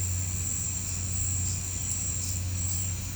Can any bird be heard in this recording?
no